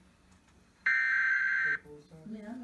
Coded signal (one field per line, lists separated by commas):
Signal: Emergency Alert System (SAME) tones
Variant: header bursts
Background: speech